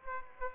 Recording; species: mosquito wingbeat signal from an infrared sensor; Aedes aegypti